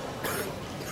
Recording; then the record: coughing mixed with background sound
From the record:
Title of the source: 30 Chesty and wet cough